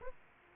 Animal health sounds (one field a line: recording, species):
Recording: mosquito wingbeat signal from an infrared sensor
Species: Aedes aegypti